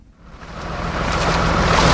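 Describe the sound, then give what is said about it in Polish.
Rushing floodwater of the swollen Iłownica river in Czechowice-Dziedzice, Poland, in September 2024, roars in a dense, hissing wash that swells over the first second and then holds steady and loud, with no voices. “Fala powodziowa na rzece Iłownica w Czechowicach-Dziedzicach zalała kilkadziesiąt domów i kilkaset budynków działkowych.”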